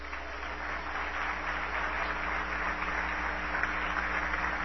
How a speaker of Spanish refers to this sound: Disculpa, vamos a brindarle un fuerte aplauso al señor.